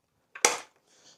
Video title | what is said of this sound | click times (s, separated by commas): iScooter iX5S offroad 1000w electric scooter | Locks in place, and then what we've got is this little red bar here. | 0.5 s